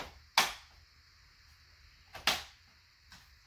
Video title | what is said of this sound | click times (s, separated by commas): Evenflo Pivot Xplore Stroller Wagon Unboxing! | on these side parts so you're going to want to hear the click and | 0.4 s, 2.3 s